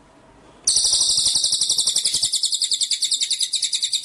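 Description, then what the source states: White-rumped shama song: a continuous fast trill of high, pulsed buzzy notes running over three seconds without a break. Masteran (training) track; full rolling (ngerol) and shooting (nembak) song style.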